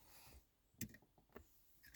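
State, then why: Not seated. An LED bulb connector for an Alfa Romeo interior light is handled with its tab facing up, ready to be pushed into the rear dome light housing. Quiet handling noises include a sharp tap at about 0.8 s and a few softer knocks. Nothing has seated or clicked yet.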